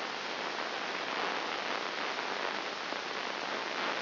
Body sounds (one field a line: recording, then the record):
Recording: brain microelectrode recording played as sound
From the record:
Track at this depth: inside the subthalamic nucleus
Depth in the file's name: 2.101 mm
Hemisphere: right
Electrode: 3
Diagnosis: Parkinson's disease